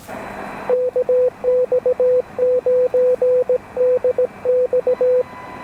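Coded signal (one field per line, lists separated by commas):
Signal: Morse code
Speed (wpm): 17 wpm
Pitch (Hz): 500 Hz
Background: radio noise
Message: KX9DX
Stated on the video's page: QRP park activation on an Elecraft KX1 keyed with a TP-III paddle, using an end-fed random wire antenna and battery power, in 28° weather.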